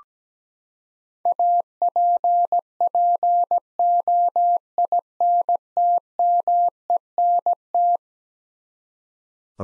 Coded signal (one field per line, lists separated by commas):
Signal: Morse code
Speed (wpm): 17 wpm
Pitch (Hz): 700 Hz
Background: none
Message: APPOINTMENT